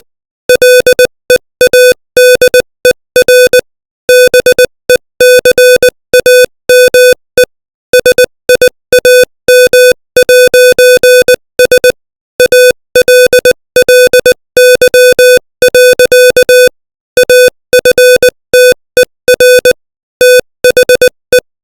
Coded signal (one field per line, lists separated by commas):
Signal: Morse code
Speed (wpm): 20 wpm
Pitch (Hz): 500 Hz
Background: music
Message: LEADER BECAME SIAM'S ALLY. AFTER THE